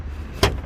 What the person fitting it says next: there you go. It unlatched.